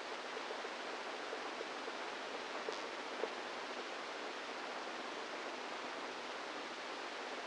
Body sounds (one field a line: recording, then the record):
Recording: brain microelectrode recording played as sound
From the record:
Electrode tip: inside the subthalamic nucleus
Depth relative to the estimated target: -3 mm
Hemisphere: right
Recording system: NeuroSet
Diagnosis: Parkinson's disease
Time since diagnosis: 10 years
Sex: female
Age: 45 years